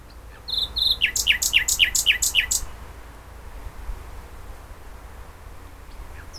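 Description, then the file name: Common nightingale giving one brief phrase: a few high notes leading into a fast run of sharp, slurred chirps, then quiet background hiss. "Luscinia megarhynchos"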